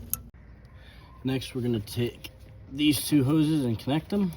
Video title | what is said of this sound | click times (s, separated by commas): Don’t Wait… Clean Your Throttle Body Before It Costs You | Push till we hear a click. | 0.1 s